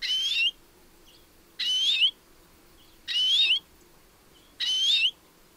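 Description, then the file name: European greenfinch calling four times with a long, buzzy, nasal wheeze that climbs at the close, evenly spaced about one and a half seconds apart. "Chloris chloris"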